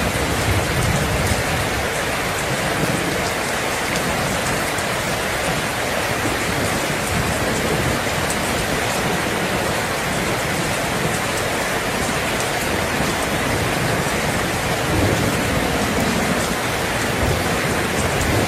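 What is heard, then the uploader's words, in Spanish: Torrential rain pours down in a dense, unbroken hiss that fills everything from the low end to the bright top. The downpour stays steady for the whole stretch, with no pauses, only slight shifts in the low patter of water on surfaces. Sonido De Lluvia Torrencial Con Relampagos. El sonido de la lluvia torrencial y los relámpagos.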